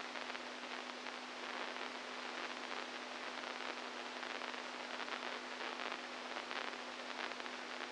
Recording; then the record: brain microelectrode recording played as sound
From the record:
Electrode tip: inside the subthalamic nucleus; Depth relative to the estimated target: -3 mm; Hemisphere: right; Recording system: NeuroSet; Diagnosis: Parkinson's disease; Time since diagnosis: 10 years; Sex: male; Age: 65 years